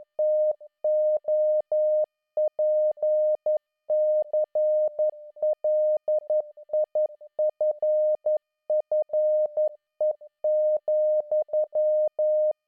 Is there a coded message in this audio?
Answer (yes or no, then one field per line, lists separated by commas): yes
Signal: Morse code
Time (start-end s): 0.2-12.5 s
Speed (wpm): 11 wpm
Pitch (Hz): 610 Hz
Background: none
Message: TOPCLIFFE,